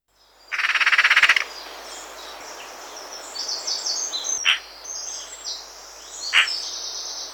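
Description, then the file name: Eurasian magpie giving a single harsh, rapid rattling chatter, followed by faint high twittering and a couple of sharp clicks. "pie Bavarde"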